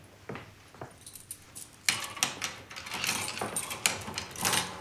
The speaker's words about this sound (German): Das heißt, nein, das Gitter war ja geschlossen, als wir Ihre Frau fanden. Schließen Sie bitte das Gitter.